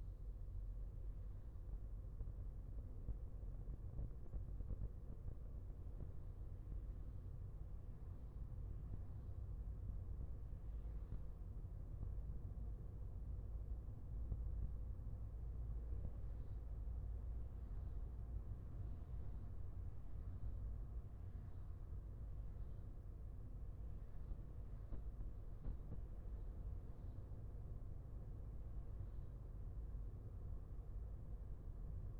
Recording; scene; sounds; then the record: everyday scene through a hearing-aid microphone; in a vehicle; engine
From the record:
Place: Skoda Fabia, gasoline engine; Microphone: behind the ear, left, front